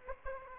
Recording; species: mosquito wingbeat signal from an infrared sensor; Aedes aegypti